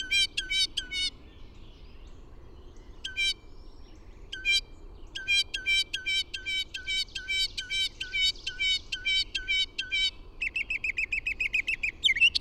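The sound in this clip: Bird singing in bursts of rapid, evenly repeated sharp notes, some short and some long runs, ending in a dense buzzy trill.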